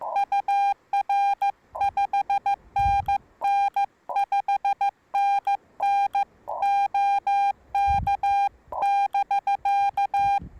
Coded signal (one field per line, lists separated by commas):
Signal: Morse code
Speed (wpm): 15 wpm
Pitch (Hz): 810 Hz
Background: none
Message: UR 5NN 5NN OK <BK>